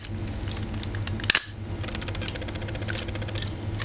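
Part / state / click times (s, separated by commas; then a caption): foot joint on a transforming figure's leg / seated / 1.3 s. On the second side, the foot joint on the leg of a die-cast transforming robot figure, the factory color version of Garland, is opened and positioned. Its ratcheting joint gives two sharp clicks at 1.3 and 1.4 seconds over a steady low hum, followed by a few faint ticks. The joint clicks open nice, tight and clicky.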